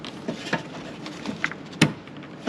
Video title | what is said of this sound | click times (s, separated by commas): BLOWN TUBE SEAL! Ford 2.0 Liter Valve Cover Gasket Removal/Install #newtoyou #vehiclerepairs #howto | Make sure you hear it click. | 1.8 s